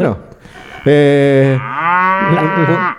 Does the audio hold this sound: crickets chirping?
no